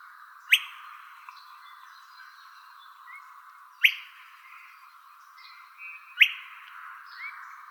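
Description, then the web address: Buff-collared flycatcher: three crisp upslurred chip calls about every three seconds, with faint softer bird notes between them. Calls recorded in Arizona. "Flycatchers AZFO BCFL CALLS. deviche"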